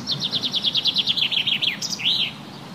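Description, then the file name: Common chaffinch song: a fast cascade of chipping notes descending in pitch, finishing with a brief high flourish and an arched whistled end note, with steady low background noise. "Fringilla coelebs"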